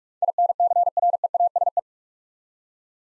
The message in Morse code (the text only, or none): INCREASE